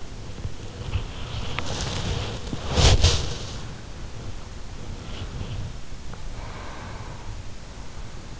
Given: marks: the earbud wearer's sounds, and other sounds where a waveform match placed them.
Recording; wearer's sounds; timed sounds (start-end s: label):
sounds in sleep by an in-ear microphone; body movement, breath
0.00-5.92 s: body movement
6.19-7.48 s: breath